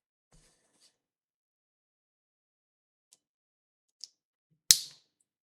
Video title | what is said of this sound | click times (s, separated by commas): Lego construction Arkham Asylum sachet 14 | Ça se clipse plutôt pas mal. | 4.7 s